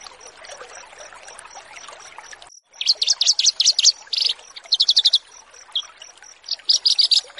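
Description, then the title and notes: Horsfield's bush lark: after a hissy opening, Horsfield's bush lark song breaks in with rapid bursts of high buzzy chirps and short trills repeated in quick clusters. Branjangan song used for bird-keeping tutoring (masteran), in a recording titled 'Branjangan VS BURGER'. "Branjangan VS BURGER Masteran Mewah. burung BRANJANGAN"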